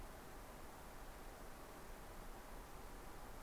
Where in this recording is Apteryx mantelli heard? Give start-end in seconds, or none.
none